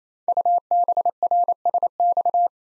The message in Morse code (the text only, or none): UBRSX